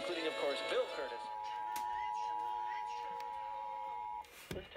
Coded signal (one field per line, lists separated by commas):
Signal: Emergency Alert System (SAME) tones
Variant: 853 and 960 Hz attention tone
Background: speech, music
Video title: BUNCHA TESTS! Connecticut Required Monthly Tests (1/6/18) (EAS 515-525)